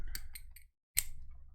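A cap with a magnet inside is pushed onto the body of a small item, which makes it hard to lose. A few light, short ticks come at about 0.2, 0.4 and 0.6 s, then a brief silence. The cap snaps on with a sharp, bright click at 1.0 s and seats firmly.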